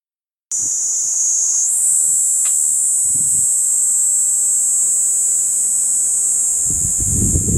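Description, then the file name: Kaempfer cicada song, a steady high-pitched shrill drone that starts abruptly after half a second of silence and holds without a break. Recorded on 23 July 2022. "20220723 ニイニイゼミ"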